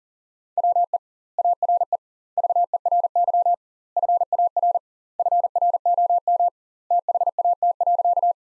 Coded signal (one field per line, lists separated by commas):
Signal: Morse code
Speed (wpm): 37 wpm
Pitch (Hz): 700 Hz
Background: none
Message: WE ARE VERY FAR FROM THAT.